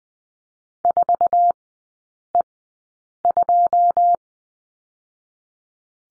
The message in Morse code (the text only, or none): 4E2